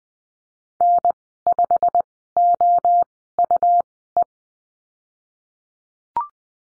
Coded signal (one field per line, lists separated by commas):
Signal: Morse code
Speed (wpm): 20 wpm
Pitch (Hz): 700 Hz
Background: none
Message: N5OUE